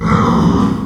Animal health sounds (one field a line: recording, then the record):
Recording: squeal of a Yucatan mini pig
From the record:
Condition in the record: after surgery on the right vocal fold (resection and tissue-engineered implant)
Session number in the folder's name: 16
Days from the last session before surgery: 183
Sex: female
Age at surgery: 19 weeks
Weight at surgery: 25 kg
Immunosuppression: prednisolone